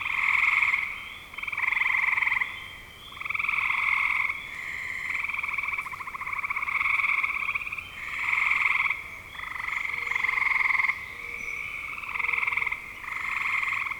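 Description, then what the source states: Frogs calling in repeated bursts of pulsed trills about every second or two, with faint chirps. Spring 2025.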